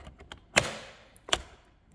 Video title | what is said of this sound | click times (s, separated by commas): ECOVACS Deebot T20 Omni Review and Demo | until they click | 0.6 s, 1.3 s